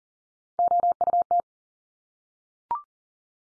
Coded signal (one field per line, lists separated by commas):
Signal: Morse code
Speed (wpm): 40 wpm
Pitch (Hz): 700 Hz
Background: none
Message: OUT